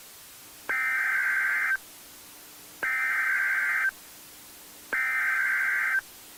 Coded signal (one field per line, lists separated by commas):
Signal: Emergency Alert System (SAME) tones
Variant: header bursts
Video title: EAS Scenario - Black Hills Tornado Outbreak